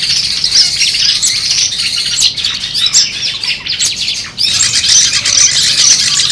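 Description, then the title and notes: Long-tailed shrike song, a dense, continuous chatter of high scratchy and whistled notes, with a brief drop late before the rapid phrases resume. Competition-style song, used to train birds and as mental therapy for them. "Suara Lomba untuk Terapi Mental Cendet. Masteran Burung Cendet"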